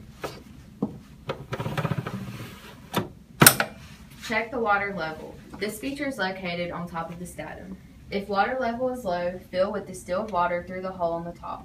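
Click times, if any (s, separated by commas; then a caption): 3.5 s. A sealed instrument cassette holding a sterilization package is lowered into a tabletop autoclave and clicks into position at 3.5 seconds, the loudest hit in a short cluster of handling knocks. After the click, someone talks.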